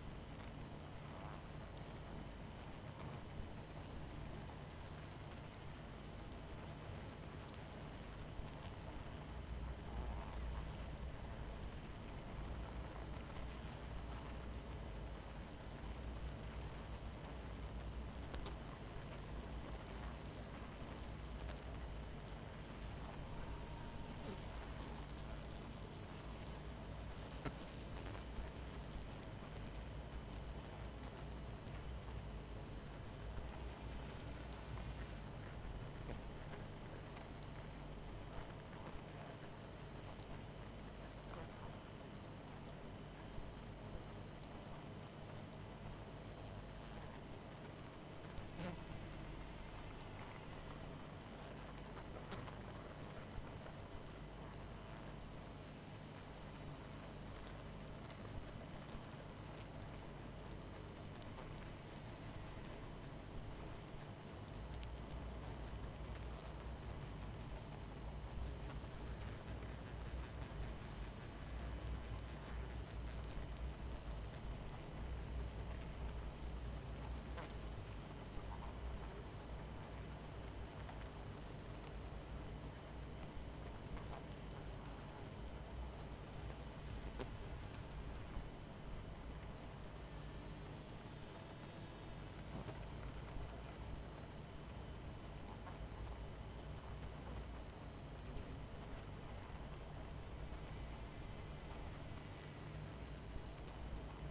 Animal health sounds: honeybee colony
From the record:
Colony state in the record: missing queen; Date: 14 July 2017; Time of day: 23:50

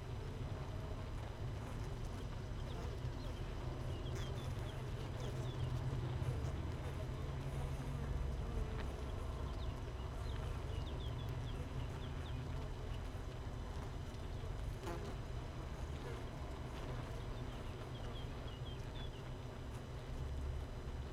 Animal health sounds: honeybee colony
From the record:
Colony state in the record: missing queen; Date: 31 May 2018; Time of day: 6:26

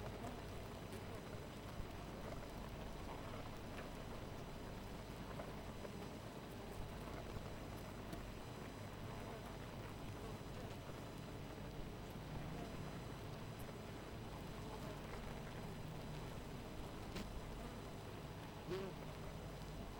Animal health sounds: honeybee colony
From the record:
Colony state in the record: missing queen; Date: 14 July 2017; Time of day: 4:24

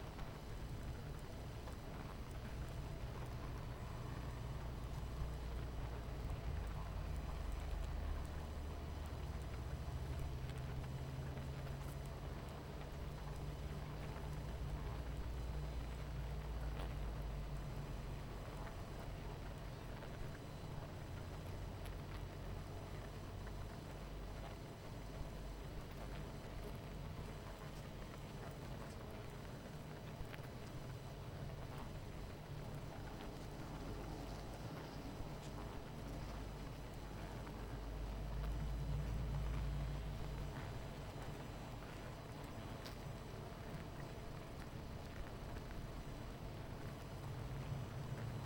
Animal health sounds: honeybee colony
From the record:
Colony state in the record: missing queen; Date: 14 July 2017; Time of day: 19:08

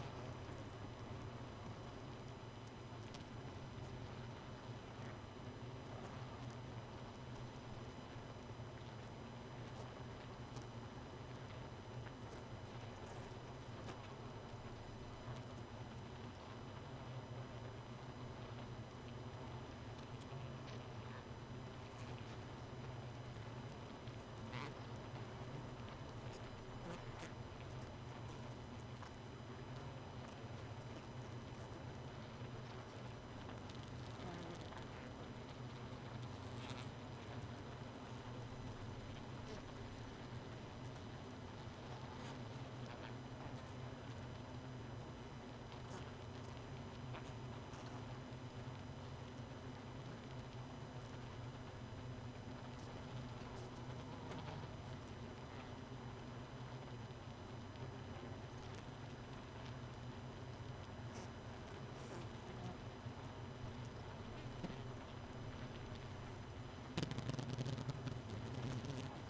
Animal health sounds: honeybee colony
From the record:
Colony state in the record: missing queen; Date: 31 May 2018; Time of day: 1:05

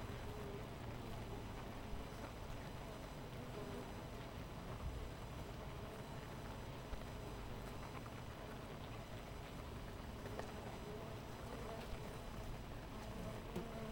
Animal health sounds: honeybee colony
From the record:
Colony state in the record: missing queen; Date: 14 July 2017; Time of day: 6:41

